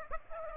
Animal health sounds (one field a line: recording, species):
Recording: mosquito wingbeat signal from an infrared sensor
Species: Aedes aegypti